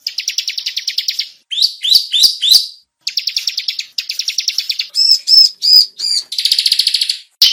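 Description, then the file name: Bar-winged prinia calls: fast, high buzzy trills alternating with sharp rising chirps and clear repeated whistled notes, in bursts separated by short pauses. Lure sound used to attract the bird. "suara pikat burung ciblek"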